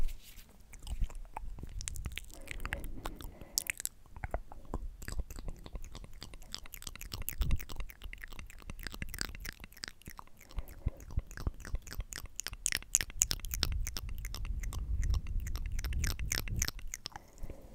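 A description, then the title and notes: ASMR mouth sounds: a dense, irregular run of wet clicks, smacks and crunchy chewing noises that continues without a break. The sharp bursts come several times a second, grow busier in the second half, and carry a soft low rumble beneath them. ASMR Mouth Sounds & Visuals Hand Movements.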